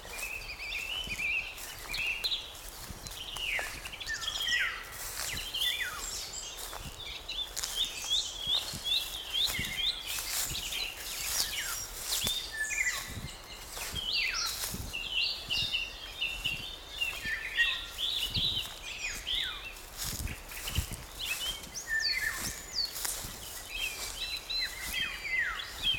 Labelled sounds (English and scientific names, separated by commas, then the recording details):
Eurasian Blackcap (Sylvia atricapilla)
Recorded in the wild
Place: Blankenfelde, Berlin, DE
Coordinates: 52.625, 13.404
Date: 1992-06-28 10:14
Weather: sonnig, 22-26°C, Wind
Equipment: Marantz CP 430, Sennheiser ME 80, Kopie Tesla B 116
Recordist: Tembrock, Günter